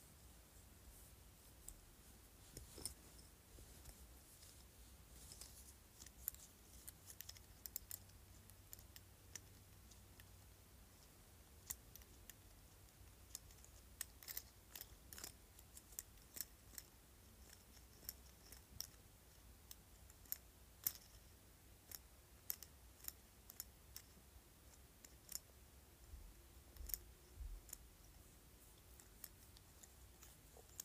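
A jade roller gives off sparse, crisp little clicks and ticks at irregular intervals, with a faint low hum.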